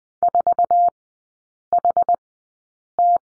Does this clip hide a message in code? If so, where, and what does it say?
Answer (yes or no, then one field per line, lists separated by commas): yes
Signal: Morse code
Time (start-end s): 0.2-3.2 s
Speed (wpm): 20 wpm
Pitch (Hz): 700 Hz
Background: none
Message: 4HT